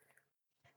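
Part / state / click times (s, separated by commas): spool half into the mating spool half / not seated / none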